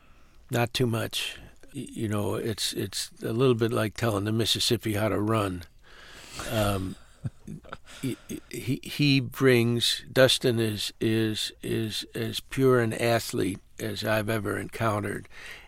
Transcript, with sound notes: Not too much. You know, it's a little bit like telling the Mississippi how to run.
(SOUNDBITE OF LAUGHTER)
He brings - Dustin is as pure an athlete as I've ever encountered,